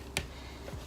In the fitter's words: Ça se clipse sans se clipser trop fort.